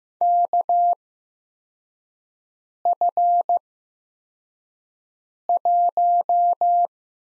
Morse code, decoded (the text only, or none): KF1